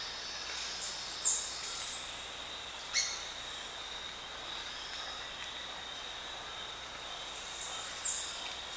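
Bird calling in short, high, sharp bursts, one early and one late, with a faint click between and a constant high background drone.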